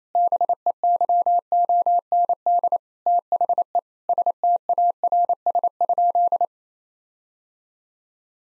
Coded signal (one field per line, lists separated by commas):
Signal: Morse code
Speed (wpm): 27 wpm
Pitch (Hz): 700 Hz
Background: none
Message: BEYOND THE STARS?